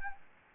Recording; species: mosquito wingbeat signal from an infrared sensor; Anopheles gambiae